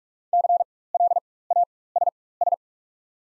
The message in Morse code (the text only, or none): CLASS